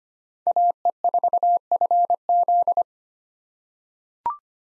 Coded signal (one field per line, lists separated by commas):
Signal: Morse code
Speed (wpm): 25 wpm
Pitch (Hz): 700 Hz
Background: none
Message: AE4FZ